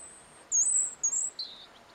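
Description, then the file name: European robin giving high, thin notes: a long wavering whistle and a shorter one, then a lower wavering note, against faint background hiss. "Erithacus rubecula"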